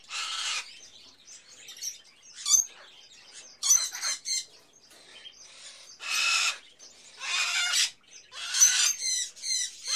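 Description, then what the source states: Birds calling in a mixed chorus, with bursts of harsh squawks and buzzy chatter alternating with quieter high chirps and short twitters. Various birds in a pet shop, recorded as ambience.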